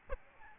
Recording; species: mosquito wingbeat signal from an infrared sensor; Aedes albopictus